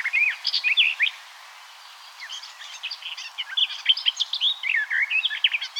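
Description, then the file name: Eurasian blackcap song: a quick scratchy warbled phrase, a brief pause, then a longer rambling warble of varied chirps and whistles over faint background hiss. "Sylvia atricapilla"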